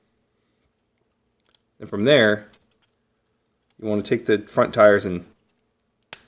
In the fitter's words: and it will click a lot of people aren't putting in all the way